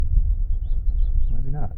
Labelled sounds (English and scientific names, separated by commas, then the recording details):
House Finch (Haemorhous mexicanus) song
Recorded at WGilgo Beach on Long Island, New York, on 22 May 1975
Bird F